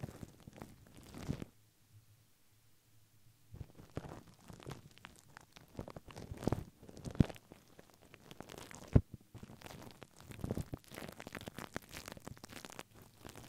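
Dense, irregular crinkling and brushing sounds, with a quiet pause around two to three seconds and a few sharp clicks near seven and nine seconds.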